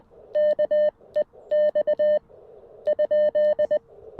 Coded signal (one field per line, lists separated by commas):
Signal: Morse code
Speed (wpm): 20 wpm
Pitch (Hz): 600 Hz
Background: none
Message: KEX ?